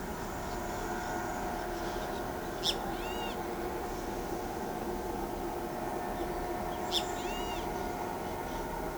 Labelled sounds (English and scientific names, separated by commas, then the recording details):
Great Kiskadee (Pitangus sulphuratus)
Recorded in pastures near Pivijay, Magdalena, Colombia, on 13 April 2023 at 13:00
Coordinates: 10.456, -74.369
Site P6-G026